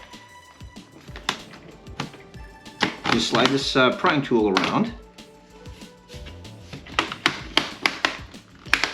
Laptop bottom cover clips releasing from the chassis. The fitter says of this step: you can hear it popping here we'll turn it so you can see it